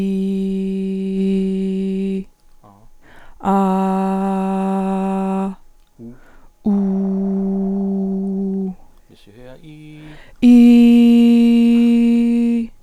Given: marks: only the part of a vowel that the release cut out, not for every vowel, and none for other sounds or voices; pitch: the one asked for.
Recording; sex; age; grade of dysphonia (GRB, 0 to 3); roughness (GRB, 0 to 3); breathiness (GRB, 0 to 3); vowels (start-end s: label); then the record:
sustained vowels; female; 40 to 49 years; 1; 1; 1
0.00-1.97 s: vowel /i/, normal pitch
3.57-5.30 s: vowel /a/, normal pitch
6.82-8.50 s: vowel /u/, normal pitch
10.53-12.40 s: vowel /i/, high pitch
From the record:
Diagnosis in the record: hyperfunctional dysphonia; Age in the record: 42 years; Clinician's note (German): Leichte Tendenz dazu, ponogener Faktor